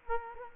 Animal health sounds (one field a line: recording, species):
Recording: mosquito wingbeat signal from an infrared sensor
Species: Culex quinquefasciatus